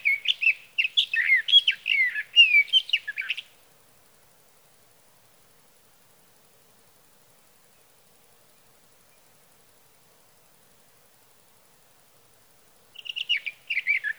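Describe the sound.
Sage thrasher song, a rapid warbling run of varied whistled and buzzy notes for a few seconds, a long silence, then the song starting again.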